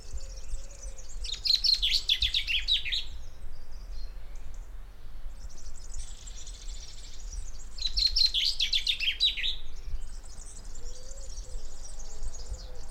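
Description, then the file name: Common chaffinch singing two fast, tumbling phrases of bright notes about six seconds apart. "Fringilla coelebs"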